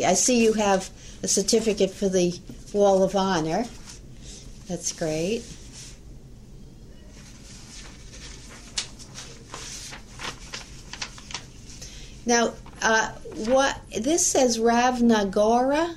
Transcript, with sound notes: I see you have a certificate for the hall of honor, that's great.. (Shuffles papers) Now, uh what—this one says 'Ravna Gora'?